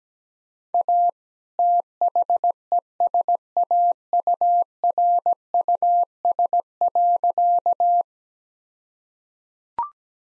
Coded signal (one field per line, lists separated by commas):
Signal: Morse code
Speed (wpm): 17 wpm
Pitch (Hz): 700 Hz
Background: none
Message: A THESAURUS.